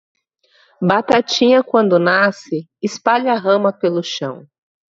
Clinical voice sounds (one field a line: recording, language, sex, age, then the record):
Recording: short text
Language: Brazilian Portuguese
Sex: female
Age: 30 to 39 years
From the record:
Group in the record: control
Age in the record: 37 years